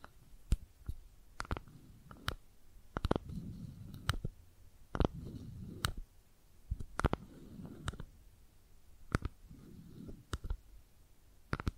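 Makeup tapping and scratching: sharp, irregular taps every half second or so over soft low rubbing and scratching that swells and fades.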